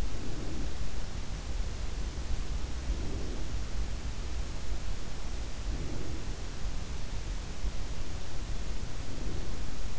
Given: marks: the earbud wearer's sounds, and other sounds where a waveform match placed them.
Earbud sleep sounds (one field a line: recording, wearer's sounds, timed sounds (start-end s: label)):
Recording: sounds in sleep by an in-ear microphone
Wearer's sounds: breath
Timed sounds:
0.00-1.10 s: breath
2.70-3.96 s: breath
5.40-6.51 s: breath
8.77-9.99 s: breath